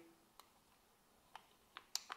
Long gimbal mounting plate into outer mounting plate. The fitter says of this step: until it clicks right